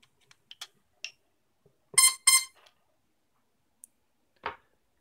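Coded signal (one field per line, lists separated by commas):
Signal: beep code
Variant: drone ESC calibration beeps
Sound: two short buzzy beeps in quick succession, with clicks and handling noises around them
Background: handling clicks, small room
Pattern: 2 short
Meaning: ESCs registered maximum throttle in calibration mode; cue to lower throttle to zero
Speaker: and then we hear the two beeps and we reduce the throttle to zero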